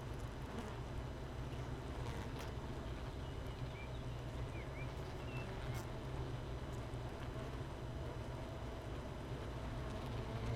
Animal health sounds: honeybee colony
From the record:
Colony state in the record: missing queen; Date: 31 May 2018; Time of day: 13:54

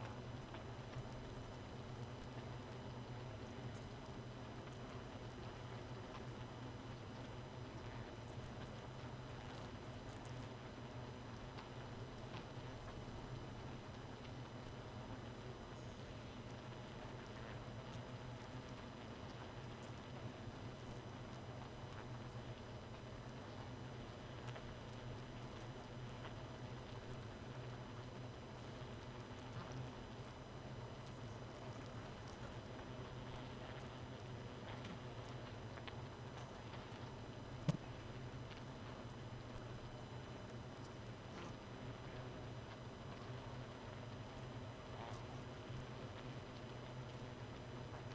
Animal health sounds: honeybee colony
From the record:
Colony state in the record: missing queen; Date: 31 May 2018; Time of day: 1:12

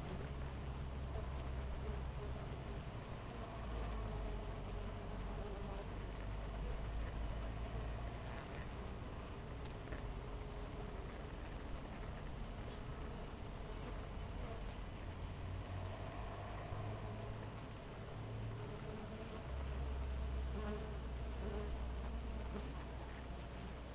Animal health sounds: honeybee colony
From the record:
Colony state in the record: missing queen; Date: 14 July 2017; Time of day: 6:33

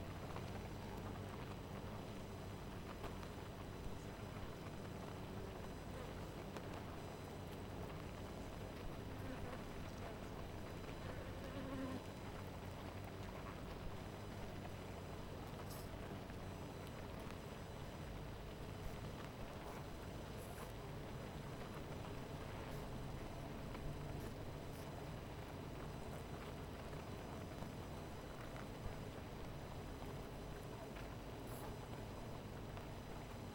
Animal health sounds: honeybee colony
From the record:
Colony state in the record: missing queen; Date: 14 July 2017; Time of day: 18:09

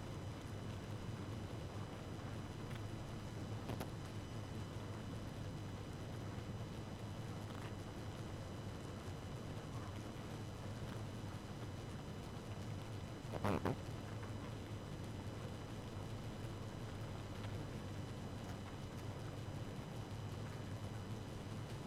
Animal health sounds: honeybee colony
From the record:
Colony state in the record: active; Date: 12 June 2018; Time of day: 0:57

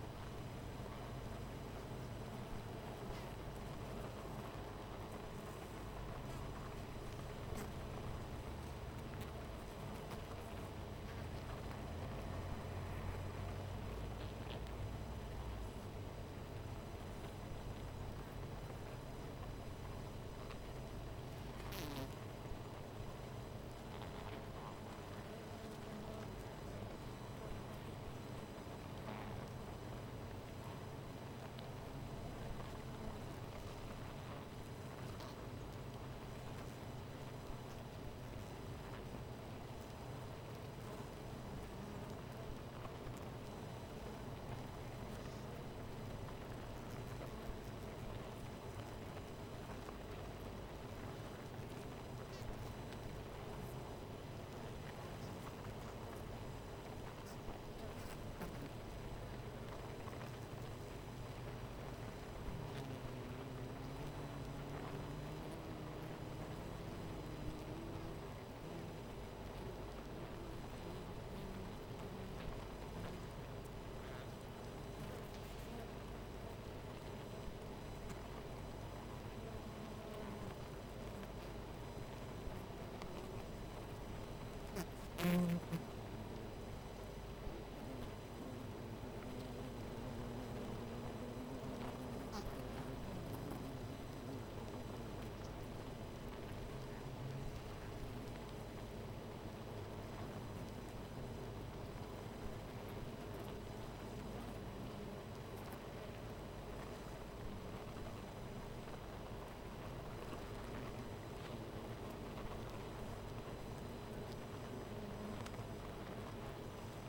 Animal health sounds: honeybee colony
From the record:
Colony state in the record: missing queen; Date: 14 July 2017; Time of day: 13:15

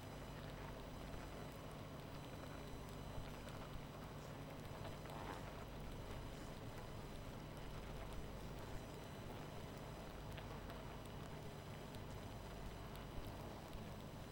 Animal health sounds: honeybee colony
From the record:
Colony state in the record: missing queen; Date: 14 July 2017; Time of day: 23:30

